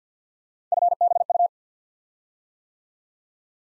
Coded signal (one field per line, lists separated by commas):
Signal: Morse code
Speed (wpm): 48 wpm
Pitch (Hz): 700 Hz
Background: none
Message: FBU